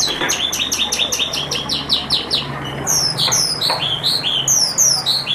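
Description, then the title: Javan bush lark song of quick, repeated high down-slurred notes in a steady rhythm, shifting to a new phrase of chirps midway. "Suara Burung Branjangan"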